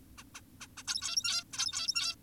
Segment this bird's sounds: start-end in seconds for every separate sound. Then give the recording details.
0.18-0.24, 0.35-0.41, 0.61-0.67, 0.78-0.83, 0.88-1.44, 1.53-2.16. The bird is an adult. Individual g17y2U